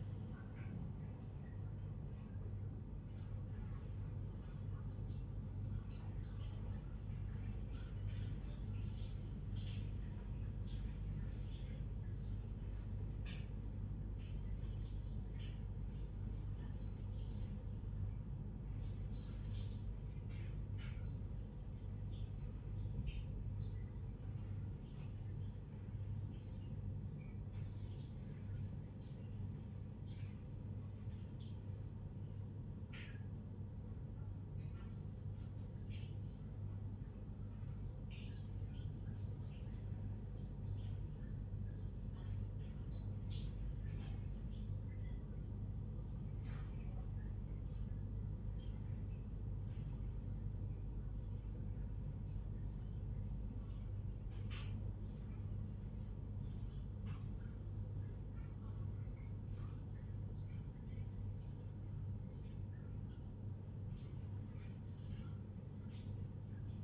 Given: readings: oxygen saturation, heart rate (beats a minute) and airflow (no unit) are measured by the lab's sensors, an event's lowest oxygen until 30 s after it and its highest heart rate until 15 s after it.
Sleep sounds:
a person awake in a sleep study, by a smartphone at the bedside; none
none scored
From the record:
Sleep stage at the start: awake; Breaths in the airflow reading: 28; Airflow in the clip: -0.6 to 0.7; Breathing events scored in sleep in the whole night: 158 in 7.3 hours asleep

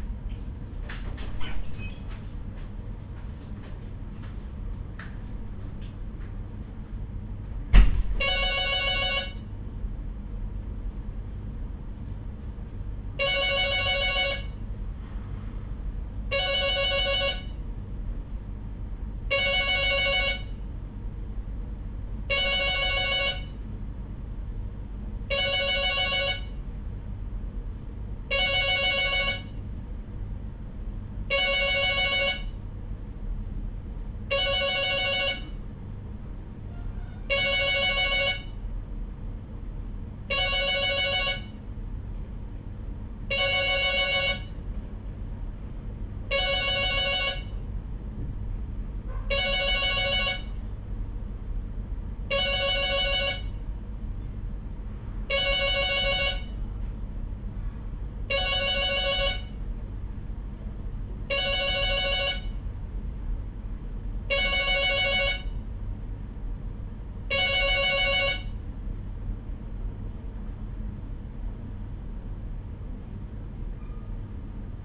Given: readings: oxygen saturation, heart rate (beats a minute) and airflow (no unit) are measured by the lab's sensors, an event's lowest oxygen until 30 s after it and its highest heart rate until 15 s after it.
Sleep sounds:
a person awake in a sleep study, by a smartphone at the bedside; none
0.00-74.85 s: awake
From the record:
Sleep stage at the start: awake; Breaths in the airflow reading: 28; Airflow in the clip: -0.8 to 0.6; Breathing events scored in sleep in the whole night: 201 in 6.5 hours asleep

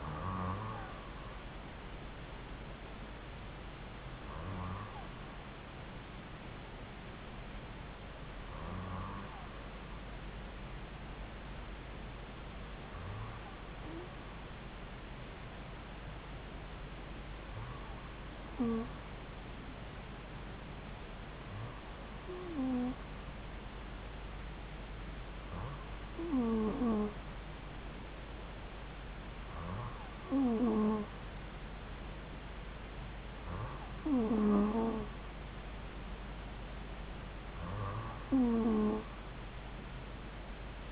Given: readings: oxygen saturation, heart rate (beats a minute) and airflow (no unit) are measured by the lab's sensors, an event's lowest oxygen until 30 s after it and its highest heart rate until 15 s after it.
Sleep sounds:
breathing in sleep by a voice recorder at the bedside; none
none scored
From the record:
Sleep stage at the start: N2 (light sleep); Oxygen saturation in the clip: 93 to 95%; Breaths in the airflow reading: 10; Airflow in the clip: -2.7 to 2.5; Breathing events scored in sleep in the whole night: 270 in 6.1 hours asleep

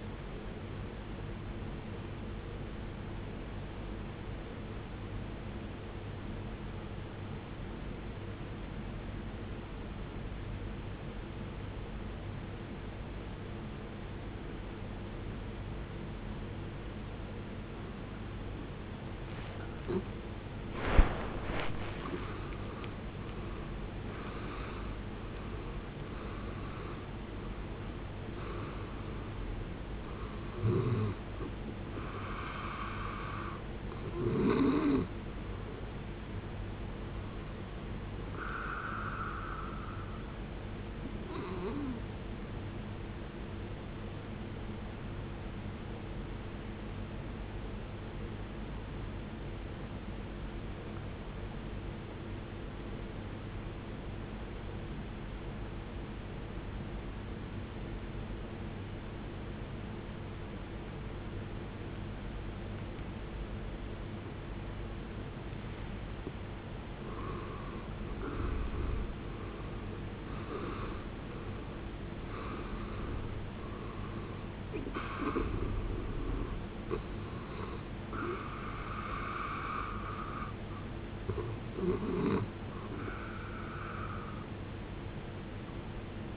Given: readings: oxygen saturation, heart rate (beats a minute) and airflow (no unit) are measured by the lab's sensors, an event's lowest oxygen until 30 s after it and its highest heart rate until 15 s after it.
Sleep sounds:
breathing in sleep by a voice recorder at the bedside; 2
3.00-22.90 s: obstructive apnea (N2, oxygen 93% highest, then 79% lowest, heart rate 60 at the start, 80 highest)
23.00-53.00 s: new sleep stage, N1 (lightest sleep)
50.00-68.20 s: obstructive apnea (N1, oxygen 95% highest, then 78% lowest, heart rate 74 at the start, 76 highest)
53.00-83.00 s: new sleep stage, N2 (light sleep)
83.00-86.37 s: new sleep stage, N1 (lightest sleep)
From the record:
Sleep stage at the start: N2 (light sleep); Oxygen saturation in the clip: 79 to 95%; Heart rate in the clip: 49 to 80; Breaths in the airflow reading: 12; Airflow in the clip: -19.4 to 18.1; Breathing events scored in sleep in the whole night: 389 in 6.3 hours asleep

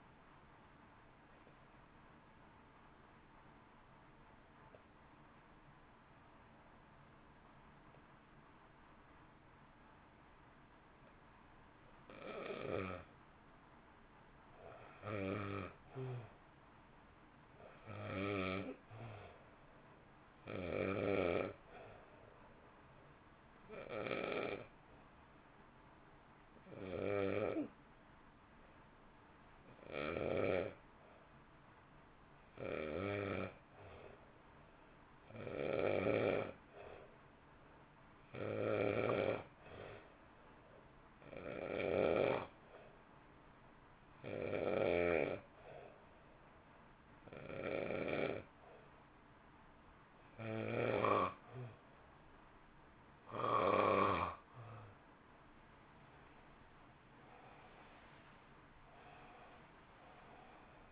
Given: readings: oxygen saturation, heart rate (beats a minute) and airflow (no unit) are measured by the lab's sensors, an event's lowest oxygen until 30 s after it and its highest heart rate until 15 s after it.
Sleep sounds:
breathing in sleep by a voice recorder at the bedside; 2
3.00-18.80 s: hypopnea (N1, oxygen 95% highest, then 84% lowest)
26.00-56.00 s: new sleep stage, N2 (light sleep)
38.00-56.50 s: hypopnea (N2, oxygen 91% highest, then 89% lowest, heart rate 60 at the start, 69 highest)
56.00-60.92 s: new sleep stage, N1 (lightest sleep)
From the record:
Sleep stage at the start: N1 (lightest sleep); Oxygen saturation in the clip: 84 to 95%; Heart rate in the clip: 51 to 67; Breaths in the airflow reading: 17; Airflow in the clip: -1.7 to 1.6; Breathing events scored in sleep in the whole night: 328 in 6.3 hours asleep

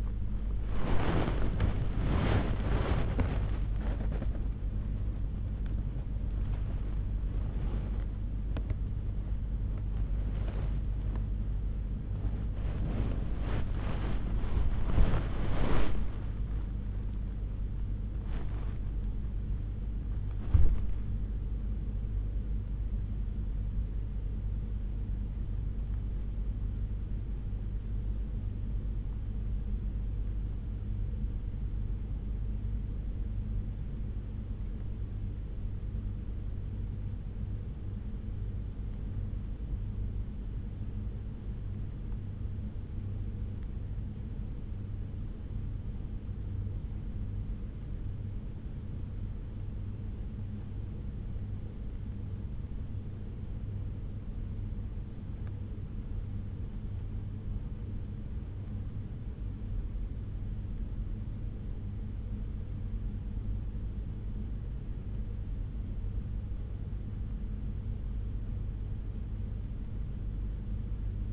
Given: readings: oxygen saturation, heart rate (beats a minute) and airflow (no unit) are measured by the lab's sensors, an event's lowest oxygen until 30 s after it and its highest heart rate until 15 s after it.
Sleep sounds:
a person awake in a sleep study, by a smartphone at the bedside; 1
0.00-71.33 s: awake
32.00-67.20 s: hypopnea (scored as awake, oxygen 97% highest, then 94% lowest, heart rate 69 at the start, 70 highest)
52.00-71.33 s: new sleep stage, N1 (lightest sleep)
From the record:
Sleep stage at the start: awake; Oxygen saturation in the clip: 91 to 97%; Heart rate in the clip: 40 to 84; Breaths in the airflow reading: 16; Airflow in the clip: -7.5 to 8.5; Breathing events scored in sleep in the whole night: 368 in 8.0 hours asleep

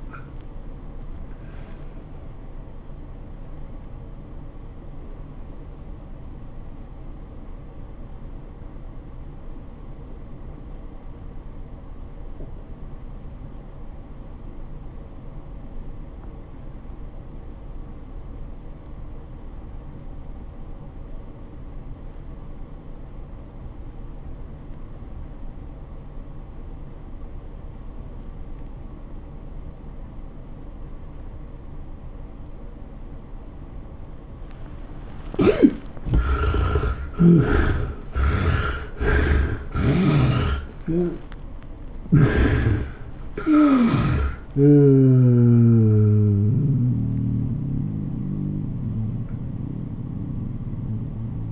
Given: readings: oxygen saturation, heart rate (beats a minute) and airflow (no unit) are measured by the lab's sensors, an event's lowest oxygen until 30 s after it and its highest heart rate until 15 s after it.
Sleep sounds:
breathing in sleep by a smartphone at the bedside; 1
9.00-34.80 s: obstructive apnea (REM, oxygen 86% highest, then 59% lowest, heart rate 80 at the start, 115 highest)
From the record:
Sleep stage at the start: REM sleep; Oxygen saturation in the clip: 60 to 86%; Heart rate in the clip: 68 to 115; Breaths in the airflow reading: 5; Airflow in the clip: -17.2 to 11.9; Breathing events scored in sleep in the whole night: 403 in 5.5 hours asleep

